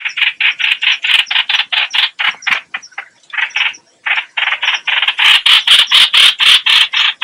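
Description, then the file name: Red-whiskered Bulbul calling with rapid harsh, scratchy notes repeated about twice a second, pausing briefly near the middle, then resuming louder toward the end. Lure call used to attract the bird. "Tieng Trao Trao moi keu"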